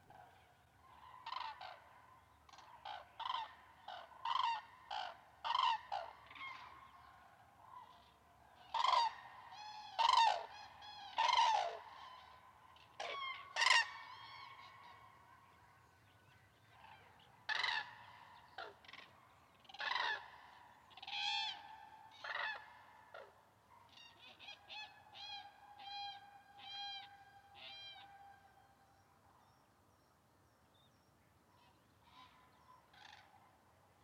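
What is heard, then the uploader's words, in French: Common cranes call from a lake, their loud bugling cries coming in quick bursts, often overlapping, through most of the stretch. The calls are bright and ringing, with a faint low rumble underneath and a quieter lull toward the end. Novembre - Lac du Der - Sonothèque naturophonia - Nagra Seven _ Mkh8020 stereo. Les grues cendrées ( Grus grus) sont arrivées pour une étape sur les réservoirs Seine, Aube et Marnes de l'Est de la France.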